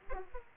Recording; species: mosquito wingbeat signal from an infrared sensor; Aedes aegypti